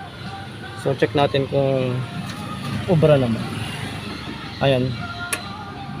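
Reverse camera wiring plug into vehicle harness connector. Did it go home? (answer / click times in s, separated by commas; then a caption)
yes / 5.3 s. A reverse camera's wiring plug is pushed into its mating harness connector in a 2023 Vios while someone talks over a steady background hum. A short, sharp click at 5.3 s shows the connector seated and locked in.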